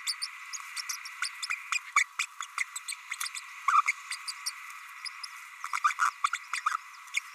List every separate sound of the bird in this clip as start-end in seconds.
0.07-0.15, 0.21-0.27, 0.53-0.57, 0.76-0.81, 0.89-0.96, 1.22-1.28, 1.42-1.46, 1.50-1.55, 1.72-1.78, 1.95-2.04, 2.18-2.26, 2.40-2.46, 2.57-2.64, 2.75-2.79, 2.88-2.94, 3.23-3.29, 3.67-3.81, 3.87-3.92, 4.10-4.16, 4.27-4.33, 4.46-4.51, 5.04-5.09, 5.77-5.79, 5.84-5.93, 6.01-6.10, 6.24-6.29, 6.33-6.38, 6.53-6.60, 6.66-6.73, 7.13-7.20